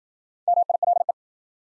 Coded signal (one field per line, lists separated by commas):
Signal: Morse code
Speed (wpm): 52 wpm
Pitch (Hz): 700 Hz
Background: none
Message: MILE